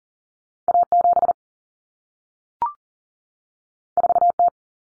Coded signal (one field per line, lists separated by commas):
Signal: Morse code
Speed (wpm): 40 wpm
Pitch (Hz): 700 Hz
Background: none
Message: A7 4T